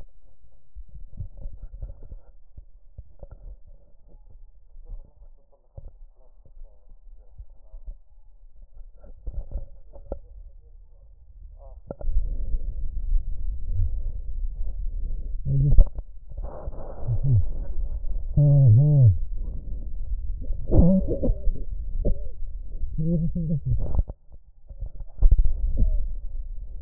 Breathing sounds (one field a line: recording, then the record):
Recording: lung sounds by stethoscope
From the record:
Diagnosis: chronic bronchitis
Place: left posterior upper chest